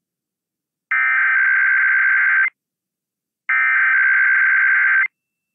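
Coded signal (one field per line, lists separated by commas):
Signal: Emergency Alert System (SAME) tones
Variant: header bursts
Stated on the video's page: Real IPAWS weekly tests for the Mountain and Pacific regions.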